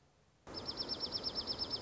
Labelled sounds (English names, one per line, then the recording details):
Dark-eyed Junco
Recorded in Sonoma County, California